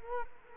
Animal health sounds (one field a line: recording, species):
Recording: mosquito wingbeat signal from an infrared sensor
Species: Culex quinquefasciatus